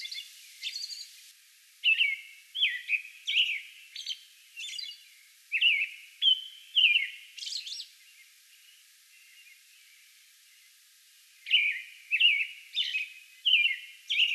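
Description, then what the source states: American robin singing runs of short whistled phrases with high notes mixed in, breaking off for a few seconds before starting again. Song bout recorded on May 11.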